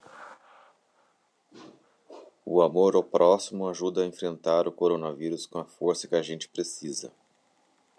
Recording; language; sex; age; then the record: spoken sentence; Brazilian Portuguese; male; 30 to 39 years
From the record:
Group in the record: control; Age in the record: 39 years